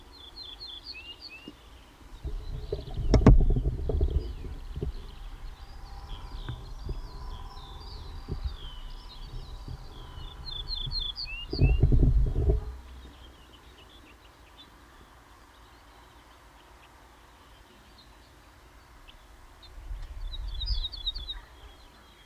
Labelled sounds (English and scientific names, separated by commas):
Ortolan Bunting (Emberiza hortulana)